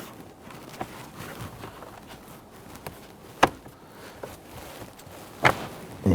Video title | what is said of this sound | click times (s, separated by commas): How to Replace Cabin Air Filter 2011-2015 Kia Sorento | you're going to feel and hear it snap into place. | 3.4 s, 5.5 s